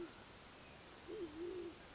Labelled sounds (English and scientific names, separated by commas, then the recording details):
Band-tailed Pigeon (Patagioenas fasciata)
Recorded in Sonoma County, California